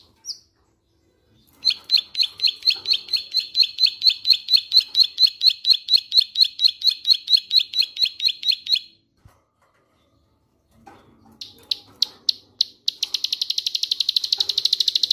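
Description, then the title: Bird song: a long run of rapid, evenly repeated high chirps for about seven seconds, a pause, then quicker buzzy trills. "Kicau Burung"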